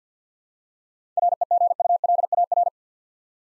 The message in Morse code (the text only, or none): REGULAR